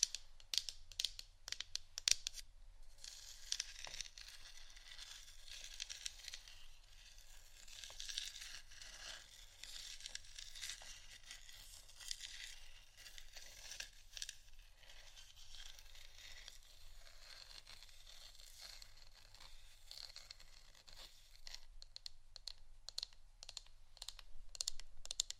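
Wooden items are tapped and scratched, with sharp clicks at the start and end around a long stretch of dense, hissy scratching and a low hum.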